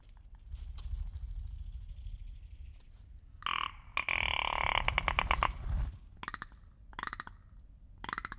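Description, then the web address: Rock ptarmigan making loud belching, rattling croaks, including a long grating call midway followed by several shorter rasping bursts, with low rumble beneath. Recorded 13 April 2019 with a Lewitt LCT 540 S microphone. "2019 04 13 lewitt lct 540 s and rock ptarmigan"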